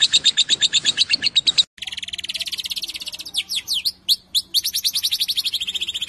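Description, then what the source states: Lovebird song: rapid high pulsed chatter, a brief break, then quick chatter mixed with sharp sweeping whistled notes. Song style called konslet.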